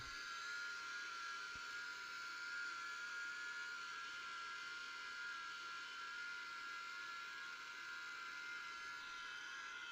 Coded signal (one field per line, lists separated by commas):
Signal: FT8